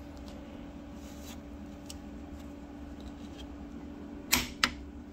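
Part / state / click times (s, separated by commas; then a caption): torque wrench on a rear suspension link bolt of a motorcycle / torque reached / 4.6 s. A torque wrench tightens the first bolt of the rear suspension linkage on an SV650 motorcycle, back on the ground, while its lowering links are being uninstalled, with the handle leaned on until the wrench clicks. Over a steady low hum, a sharp snap at 4.3 s is followed by the wrench's click at 4.6 s, confirming the bolt has reached its torque setting.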